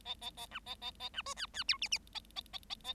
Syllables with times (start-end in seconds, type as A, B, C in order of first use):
0.05-0.15 A, 0.21-0.30 A, 0.37-0.46 A, 0.51-0.59 B, 0.66-0.75 A, 0.81-0.91 A, 0.99-1.09 A, 1.13-1.22 B, 1.26-1.34 C, 1.36-1.46 D, 1.53-1.64 D, 1.68-1.77 E, 1.81-1.88 F, 1.91-1.98 F, 2.14-2.20 A, 2.35-2.41 A, 2.53-2.58 A, 2.69-2.75 A, 2.84-2.94 A